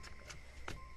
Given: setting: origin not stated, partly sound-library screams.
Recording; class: one-second piece from a danger detection set; normal situation